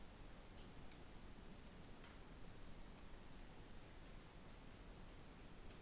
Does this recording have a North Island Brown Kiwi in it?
no